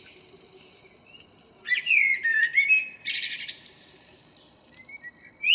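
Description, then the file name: Common blackbird phrase: a low fluty warble followed by a dense, scratchy, high twitter, then a faint whistled note and a further squeaky start. "Turdus merula"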